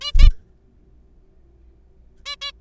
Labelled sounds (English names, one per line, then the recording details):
Zebra Finch
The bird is a juvenile
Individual R3428